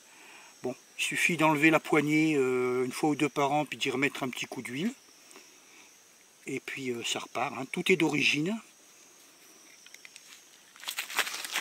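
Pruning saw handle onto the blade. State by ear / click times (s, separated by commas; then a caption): seated / 10.9 s. Someone talks, then the rubber-gripped handle of a Silky Tsurugi pruning saw is pushed back onto its chrome steel blade after about five years of use. There is a few seconds of quieter handling and small taps, then a short sharp click at 10.9 s as the handle clips into place. The handle is seated and holds very well.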